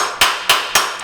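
A steel part of a Triumph TR4 front suspension trunnion assembly, with its locking washer, is hammered into place. Three sharp metallic hammer blows land at 0.2, 0.5 and 0.8 seconds, each with a bright ringing "ting" and a long ring-out. The part is heard seating home.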